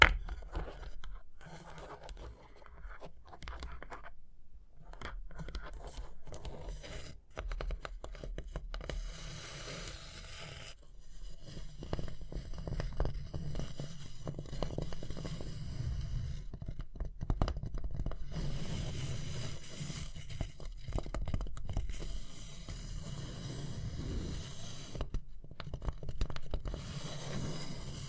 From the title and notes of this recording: Tapping and Scratching (No Talking).